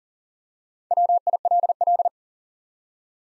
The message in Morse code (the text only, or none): WILL